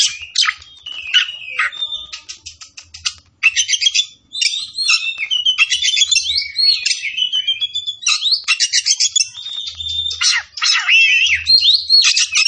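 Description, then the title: Oriental magpie-robin pouring out a fast, dense song of sharp chirps, buzzy trills and twisting whistles, with only a few brief pauses, and a soft low hum at times. Tretes; singing vigorously, described as gacor. "Kacer Tretes"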